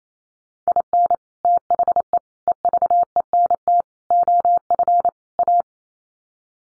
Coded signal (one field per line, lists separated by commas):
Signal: Morse code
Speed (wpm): 28 wpm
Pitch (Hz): 700 Hz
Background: none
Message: IN THE EVENT OF A